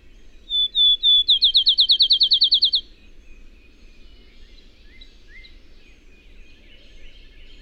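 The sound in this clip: Bird song: three drawn-out whistles, then a fast even trill of about a dozen down-slurred notes lasting under two seconds, followed by faint chirps and low hum.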